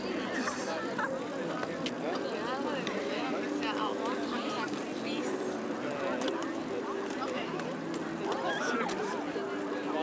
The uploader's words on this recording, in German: Diese Folge wurde auf der Tempelhofer Freiheit in Berlin aufgenommen. Hunderte Menschen gehen ihren Beschäftigungen nach.